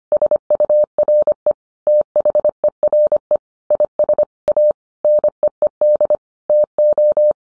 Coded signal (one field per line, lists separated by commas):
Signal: Morse code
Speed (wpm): 25 wpm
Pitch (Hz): 600 Hz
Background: none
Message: SURE THERE IS A NEED TO